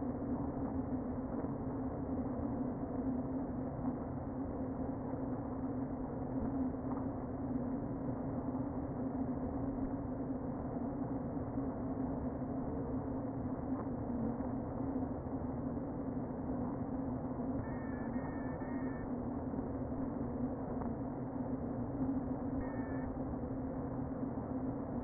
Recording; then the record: honeybee colony, microphone inside the hive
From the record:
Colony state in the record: queen present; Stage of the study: before two queens were removed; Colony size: about 60,000 bees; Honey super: yes